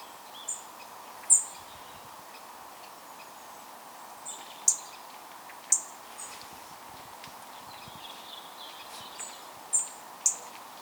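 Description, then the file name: European robin ticking: a series of sharp high clicks at irregular intervals, with faint chirps and steady hiss behind. "Erithacus rubecula"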